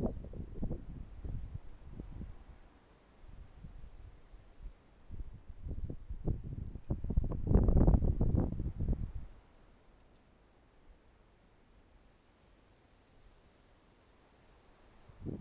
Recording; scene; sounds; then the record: everyday scene through a hearing-aid microphone; wind on the microphone; wind, traffic, birds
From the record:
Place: suburban garden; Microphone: behind the ear, right, rear